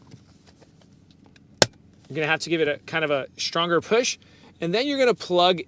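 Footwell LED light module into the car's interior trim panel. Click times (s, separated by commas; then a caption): 1.6 s. An Abstract Ocean multi-color LED footwell light module is slid up and pushed firmly into its plastic trim opening in a Tesla Model 3/Y, going in the same way the original came out. After a few faint ticks, a single loud, sharp click at 1.6 s marks the light seating in the trim. Someone then talks.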